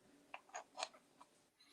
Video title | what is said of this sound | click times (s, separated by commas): Lockdown Livestream part Seiben ! | Yeah, see, that fits on straight away without that there. Just locks in place. | 0.3 s